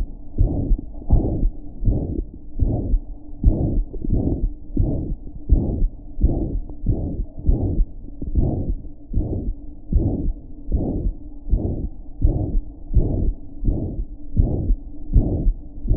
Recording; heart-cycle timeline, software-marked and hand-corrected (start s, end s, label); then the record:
heart sounds
0.00	0.06	S2
0.06	0.40	diastole
0.40	0.54	S1
0.54	0.66	systole
0.66	0.78	S2
0.78	1.12	diastole
1.12	1.28	S1
1.28	1.38	systole
1.38	1.50	S2
1.50	1.86	diastole
1.86	2.00	S1
2.00	2.08	systole
2.08	2.18	S2
2.18	2.62	diastole
2.62	2.78	S1
2.78	2.88	systole
2.88	3.00	S2
3.00	3.44	diastole
3.44	3.58	S1
3.58	3.74	systole
3.74	3.86	S2
3.86	4.10	diastole
4.10	4.22	S1
4.22	4.36	systole
4.36	4.48	S2
4.48	4.78	diastole
4.78	4.90	S1
4.90	5.06	systole
5.06	5.16	S2
5.16	5.50	diastole
5.50	5.64	S1
5.64	5.82	systole
5.82	5.94	S2
5.94	6.22	diastole
6.22	6.36	S1
6.36	6.50	systole
6.50	6.60	S2
6.60	6.86	diastole
6.86	6.98	S1
6.98	7.12	systole
7.12	7.22	S2
7.22	7.48	diastole
7.48	7.62	S1
7.62	7.72	systole
7.72	7.86	S2
7.86	8.36	diastole
8.36	8.52	S1
8.52	8.64	systole
8.64	8.76	S2
8.76	9.16	diastole
9.16	9.30	S1
9.30	9.42	systole
9.42	9.54	S2
9.54	9.96	diastole
9.96	10.12	S1
10.12	10.20	systole
10.20	10.30	S2
10.30	10.72	diastole
10.72	10.86	S1
10.86	11.04	systole
11.04	11.14	S2
11.14	11.50	diastole
11.50	11.62	S1
11.62	11.76	systole
11.76	11.86	S2
11.86	12.22	diastole
12.22	12.36	S1
12.36	12.52	systole
12.52	12.62	S2
12.62	12.94	diastole
12.94	13.10	S1
13.10	13.20	systole
13.20	13.32	S2
13.32	13.66	diastole
13.66	13.78	S1
13.78	13.94	systole
13.94	14.04	S2
14.04	14.38	diastole
14.38	14.52	S1
14.52	14.64	systole
14.64	14.76	S2
14.76	15.14	diastole
15.14	15.30	S1
15.30	15.42	systole
15.42	15.54	S2
15.54	15.88	diastole
15.88	15.97	S1
From the record:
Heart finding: mitral regurgitation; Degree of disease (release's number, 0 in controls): 3 to 4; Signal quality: good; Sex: female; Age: 78 years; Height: 1.6 m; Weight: 85 kg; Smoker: no